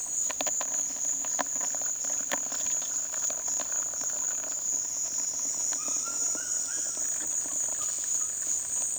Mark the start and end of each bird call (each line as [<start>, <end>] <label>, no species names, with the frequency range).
[5.81, 7.04] bird call (0.8-3.3 kHz)